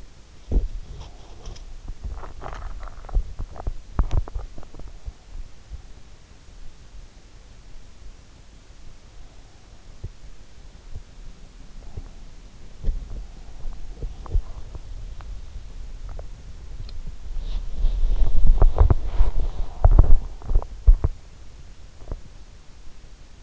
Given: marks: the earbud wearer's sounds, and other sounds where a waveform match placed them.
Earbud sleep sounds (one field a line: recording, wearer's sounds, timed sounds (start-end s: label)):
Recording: sounds in sleep by an in-ear microphone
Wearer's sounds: body movement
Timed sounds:
0.00-4.93 s: body movement
9.99-23.42 s: body movement